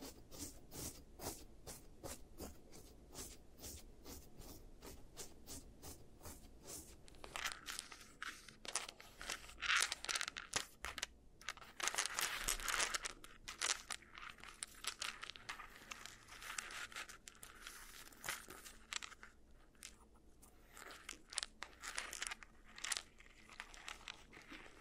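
An ASMR teeth treatment role-play filled with dense crinkling, crunching and tearing sounds, rapid and irregular, with a louder, busier stretch around the middle.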